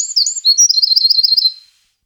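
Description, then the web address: Eurasian wren song: a rapid, high, sparkling run of trills and notes that tumble downward, then settle into a fast rattling trill lasting under two seconds. Recorded in 2004. "gesang. roche 2004 zaunkoenig"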